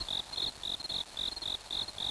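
Crickets chirping: high, trilled pulses repeated about four times a second in a steady, even rhythm over a faint hiss.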